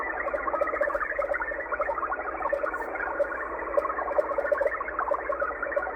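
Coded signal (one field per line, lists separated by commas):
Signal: HF data modem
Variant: XPB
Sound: steady rushing, buzzy data hiss with faint scattered chirpy tones throughout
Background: radio static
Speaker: there you go uh xpb out of Moscow Russia with a digital transmission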